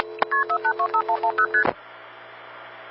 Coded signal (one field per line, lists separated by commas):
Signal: multi-frequency trunk signalling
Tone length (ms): 80 ms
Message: KP4825110ST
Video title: Carolina Telephone Part 3 - LD Calls from Greenville NX1